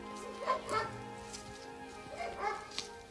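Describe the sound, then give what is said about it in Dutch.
A dog left behind on a farmyard whimpers and gives short, high-pitched yelping barks in two brief bursts as its owner walks away, separated by a quieter pause, over a steady low background hum. “De hond vindt het jammer dat hij niet mee mag, maar die hoort wel op de erf te blijven.”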